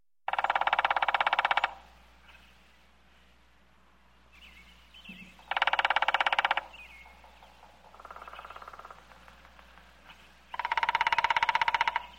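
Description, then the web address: Woodpecker drumming: three loud, rapid rolls of even knocks, each lasting over a second, with a fainter roll between them and a few thin bird chirps in the gaps. "дятел"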